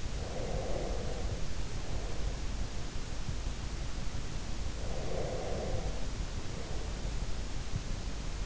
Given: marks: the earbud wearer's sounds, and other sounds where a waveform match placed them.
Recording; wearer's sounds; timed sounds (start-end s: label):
sounds in sleep by an in-ear microphone; breath
0.00-2.40 s: breath
4.97-7.34 s: breath